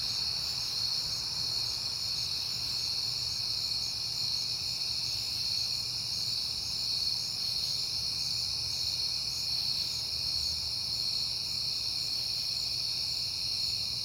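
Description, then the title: Crickets chirping in a dense, steady chorus of high, shimmering trills that continue without pause, over a low, constant rumble. Crickets recorded at night in September on a peaceful night. "Night Time: Crickets and Passing Cars"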